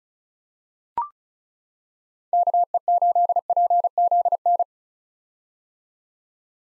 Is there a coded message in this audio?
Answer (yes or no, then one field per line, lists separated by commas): yes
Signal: Morse code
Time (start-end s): 2.3-4.6 s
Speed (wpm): 34 wpm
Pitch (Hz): 700 Hz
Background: none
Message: KE8PZN